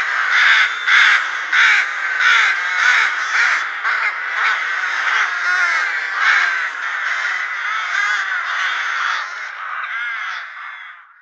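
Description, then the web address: Rook calls: many harsh, hoarse caws overlapping in a dense, busy chorus, with pulses every half second or so, slowly fading toward the end. "Schulze Peter Rook"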